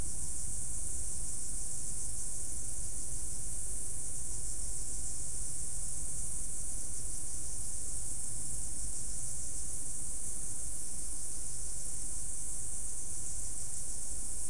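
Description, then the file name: Insects in chorus, an unbroken high shimmering buzz holding level throughout, with low rumbling noise underneath. "mainly insect"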